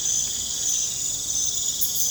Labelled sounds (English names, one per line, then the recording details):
none
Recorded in pastures near Puerto Asís, Putumayo, Colombia, on 22 December 2024 at 21:30
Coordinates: 0.466, -76.322
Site G040